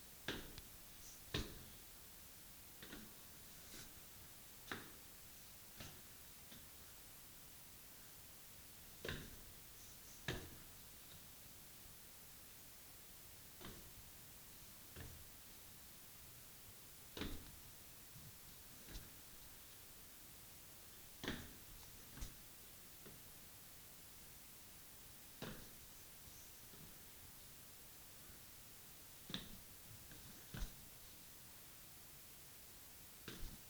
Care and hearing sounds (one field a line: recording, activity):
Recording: daily activity, guitar pickup as the sensor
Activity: go downstairs